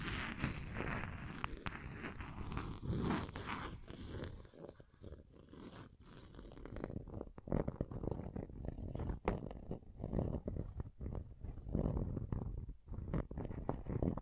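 Scratching and tracing strokes rasp across a surface in a dense, uneven run of rough scrapes and short sharp ticks. The strokes are strongest in the low and middle range, easing briefly around five seconds before building again, with quick clicks scattered throughout.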